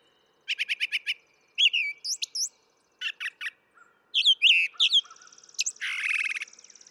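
Brown thrasher song: quick repeated notes in series, slurred whistles and chips in varied phrases, ending in a harsh buzzy passage.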